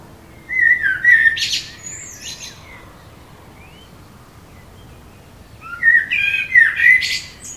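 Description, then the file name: Common blackbird singing two phrases about five seconds apart, each a rich, whistled low warble rising into scratchy high-pitched notes. "Turdus merula"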